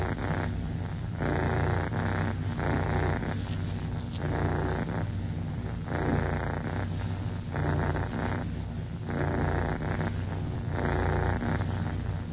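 Cat giving a steady, low, fluttering purr, its tone shifting with breaths in and out about every second or two.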